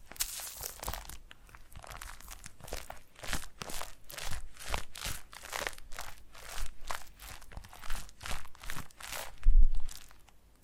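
Foam being squeezed and rubbed in a massage, heard as a series of crinkly, crunching strokes. The strokes come roughly every half second, bright and hissy with little low end, and swell slightly louder toward the end, with one sharp thump near the tenth second.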